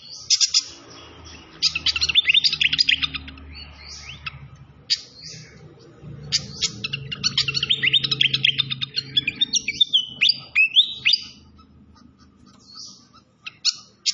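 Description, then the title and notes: Malaysian pied fantail song: long, busy chirping with twittering runs and slurred whistled notes, a steady low rushing background, and sparser chips near the end. Masteran (training recording) with a clear-voiced song mixed with the sound of trickling water. "Masteran Sikatan Kipas Suara Jernih Dan Suara Gemericik Air. Suara Burung Sikatan Londo"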